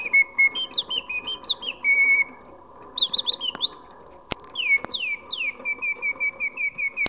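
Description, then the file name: Hummingbird chirps: falling whistled notes in bursts, a quick rising trill, and a few sharp clicks over a continuous low hum. Hummingbirds in a glass dome. "kolibris glasdom"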